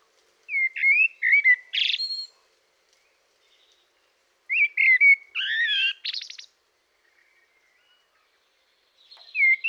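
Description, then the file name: Eurasian blackbird singing two mellow fluted phrases, each closing with a harsh high twitter, separated by a few seconds of quiet; a third phrase begins at the end. "Turdus merula"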